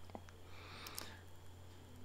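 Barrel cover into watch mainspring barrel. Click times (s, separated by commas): 1.0 s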